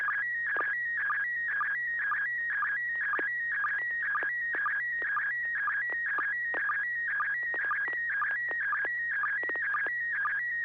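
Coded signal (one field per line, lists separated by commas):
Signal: SSTV (slow-scan television)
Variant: PD120 mode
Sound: warbling, chirping tone with a rhythmic tick about twice a second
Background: low mains hum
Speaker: sure I didn't know I was going to be first but uh this is PD 120.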